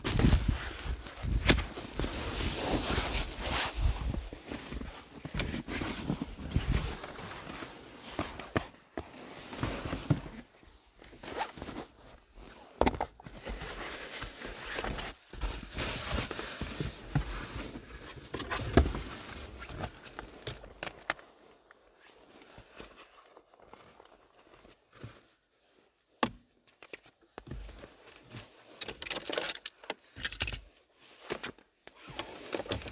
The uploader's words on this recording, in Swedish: ASMR A drive to work. Bilstart, steg i snö, biltur.